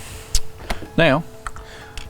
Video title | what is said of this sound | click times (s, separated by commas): SIMPLE Yet Effective Diesel Air Intake - HSP Cold Air Intake Install: Chevy Duramax LB7 | perfectly, push until it clicks. | 0.4 s